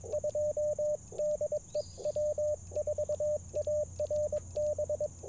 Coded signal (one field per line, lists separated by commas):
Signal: Morse code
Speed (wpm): 22 wpm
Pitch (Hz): 590 Hz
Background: radio noise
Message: 2 DE W4ARB